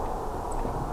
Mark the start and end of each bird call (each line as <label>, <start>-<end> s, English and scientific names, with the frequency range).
Song Thrush (Turdus philomelos) (7.5-10.1 kHz), 0.51-0.53 s